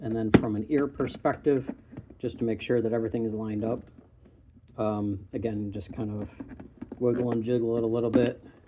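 Someone talks while wiggling and jiggling the reassembled plastic face covering on an animated stormtrooper figure's head shell to line everything up before its seams pop into place. Only faint handling sounds come through between the speech, and nothing has seated or clicked yet.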